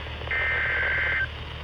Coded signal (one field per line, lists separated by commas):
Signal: Emergency Alert System (SAME) tones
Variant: header bursts